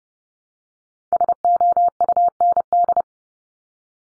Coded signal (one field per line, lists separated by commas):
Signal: Morse code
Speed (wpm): 30 wpm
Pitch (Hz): 700 Hz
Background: none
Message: SOUND